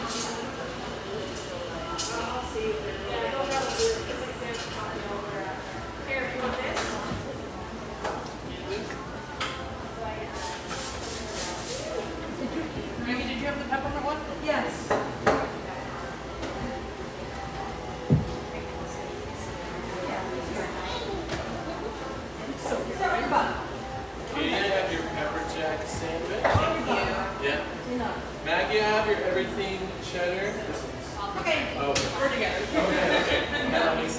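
Café murmur of many overlapping voices runs steadily throughout, a dense blur of conversation with no single speaker standing out. Bright clinks of dishes and cutlery break through now and then, clustered around eleven, fifteen and twenty-six seconds, with a dull knock near eighteen seconds.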